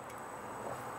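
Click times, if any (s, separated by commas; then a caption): none. A rubber spark plug boot from the ignition coil is being pushed onto the spark plug in tight quarters on a Piaggio BV400 scooter engine. Only a steady, even broadband noise is heard for about one second, with no distinct snap or transient. Nothing has seated or clicked yet.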